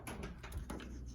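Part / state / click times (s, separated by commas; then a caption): vending motor into tray slots / not seated / none. A plastic vending motor is handled and lined up into the slits of a tray, with short knocks and scrapes at about 0.1, 0.2 and 0.7 seconds. The motor has not snapped into place yet, and nothing has seated or clicked.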